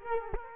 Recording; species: mosquito wingbeat signal from an infrared sensor; Culex quinquefasciatus